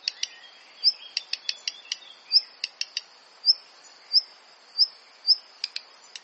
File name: Phoenicurus ochruros - Black Redstart